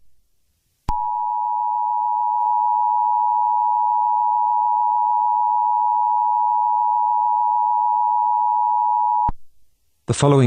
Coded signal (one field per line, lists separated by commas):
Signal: Emergency Alert System (SAME) tones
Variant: 853 and 960 Hz attention tone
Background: speech